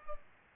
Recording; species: mosquito wingbeat signal from an infrared sensor; Culex pipiens